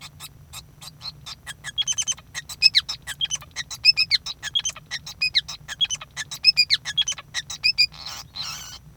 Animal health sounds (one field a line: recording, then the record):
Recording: song of a male Bengalese finch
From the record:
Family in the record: son of father 5